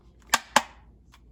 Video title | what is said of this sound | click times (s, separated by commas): LG Refrigerator Repair in Oakville, MO - P.A.C.E. Appliance Repair | it locks in place and is able to you know to grab over and that's the whole thing that holds that cover into place so | 0.3 s, 0.6 s